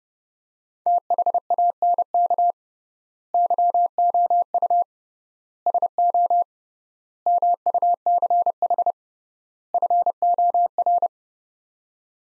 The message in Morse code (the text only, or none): THANK YOU SO MUCH FOR